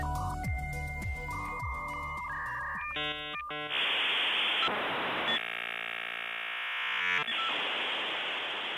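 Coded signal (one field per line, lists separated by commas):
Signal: dial-up modem handshake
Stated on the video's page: Recreated modem connection to a Bulletin Board System in a short film set in September 1990, made without actors or cameras.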